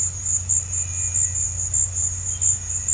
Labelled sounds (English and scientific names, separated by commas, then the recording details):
none
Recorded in pastures near Puerto Asís, Putumayo, Colombia, on 15 December 2024 at 15:00
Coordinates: 0.502, -76.324
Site G077